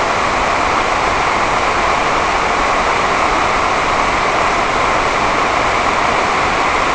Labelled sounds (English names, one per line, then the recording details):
none
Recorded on Arctic tundra, site NAIT-1, on 28 June 2018
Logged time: 11:00